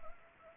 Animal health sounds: mosquito wingbeat signal from an infrared sensor; Anopheles arabiensis

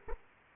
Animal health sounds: mosquito wingbeat signal from an infrared sensor; Aedes aegypti

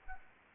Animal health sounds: mosquito wingbeat signal from an infrared sensor; Anopheles gambiae

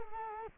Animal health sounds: mosquito wingbeat signal from an infrared sensor; Culex quinquefasciatus

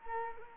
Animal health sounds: mosquito wingbeat signal from an infrared sensor; Culex quinquefasciatus

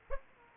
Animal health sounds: mosquito wingbeat signal from an infrared sensor; Aedes aegypti

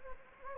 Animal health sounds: mosquito wingbeat signal from an infrared sensor; Anopheles gambiae

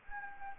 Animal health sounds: mosquito wingbeat signal from an infrared sensor; Anopheles gambiae

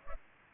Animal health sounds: mosquito wingbeat signal from an infrared sensor; Culex pipiens

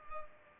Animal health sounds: mosquito wingbeat signal from an infrared sensor; Culex pipiens

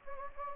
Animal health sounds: mosquito wingbeat signal from an infrared sensor; Anopheles gambiae

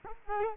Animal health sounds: mosquito wingbeat signal from an infrared sensor; Culex quinquefasciatus

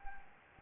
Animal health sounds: mosquito wingbeat signal from an infrared sensor; Anopheles gambiae

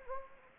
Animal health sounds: mosquito wingbeat signal from an infrared sensor; Anopheles gambiae

